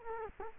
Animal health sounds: mosquito wingbeat signal from an infrared sensor; Culex quinquefasciatus

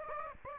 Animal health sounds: mosquito wingbeat signal from an infrared sensor; Aedes aegypti

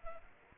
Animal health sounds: mosquito wingbeat signal from an infrared sensor; Anopheles arabiensis

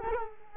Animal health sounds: mosquito wingbeat signal from an infrared sensor; Culex quinquefasciatus

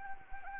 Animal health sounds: mosquito wingbeat signal from an infrared sensor; Anopheles arabiensis

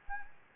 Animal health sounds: mosquito wingbeat signal from an infrared sensor; Anopheles gambiae

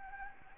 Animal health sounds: mosquito wingbeat signal from an infrared sensor; Anopheles gambiae

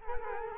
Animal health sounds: mosquito wingbeat signal from an infrared sensor; Culex quinquefasciatus

